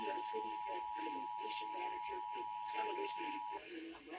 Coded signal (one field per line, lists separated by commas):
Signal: Emergency Alert System (SAME) tones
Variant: 853 and 960 Hz attention tone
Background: speech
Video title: NEW YEAR, NEW TESTS, NEW FORMAT! EAS Tests from January 2023